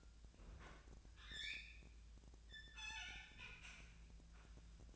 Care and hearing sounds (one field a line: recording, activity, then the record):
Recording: daily activity, microphone in the room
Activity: open fridge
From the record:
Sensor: 2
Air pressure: 1009.5 hPa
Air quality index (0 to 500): 184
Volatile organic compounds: 11 ppm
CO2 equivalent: 2296 ppm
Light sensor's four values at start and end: 25/62/27/29 and 25/62/27/29